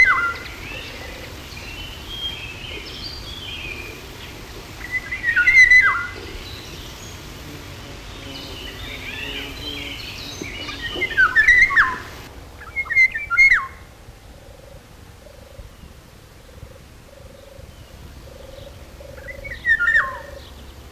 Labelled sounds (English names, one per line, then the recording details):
Eurasian Golden Oriole song
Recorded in the wild
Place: Illmitz, AT
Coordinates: 47.7544, 16.7631
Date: 1964-05-18
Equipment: Uher Report 4000, AKG D190
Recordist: Krey, Winfried